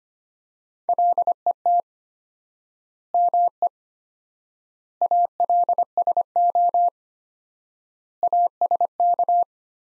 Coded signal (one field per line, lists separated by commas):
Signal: Morse code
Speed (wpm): 25 wpm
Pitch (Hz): 700 Hz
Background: none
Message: LET ME ALSO ASK